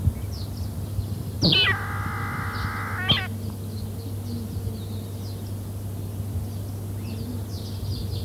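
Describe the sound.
Vegetarian finch song: a sharp downslurred note opens a long, nasal, buzzy drone lasting about one and a half seconds, ending in a short stuttered note; steady low hum behind.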